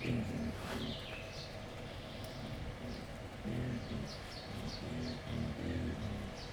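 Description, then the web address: Wild boar giving low, short grunts in irregular clusters, quieter in the middle, with high chirps scattered throughout. Wild boar kept at Jászberény Zoo, excited before feeding, recorded 28 April 2015. "allathangok jaszberenyizoo 2015 professzionalis vaddiszno etetesrefelajzva c 04 28"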